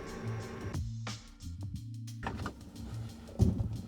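A charger power cable plug for an EcoFlow alternator charger is handled near the side port of a portable power station as it is being pushed toward it, producing soft rustling and brief handling knocks over a steady low tonal hum. The plug has not seated or clicked into the port yet.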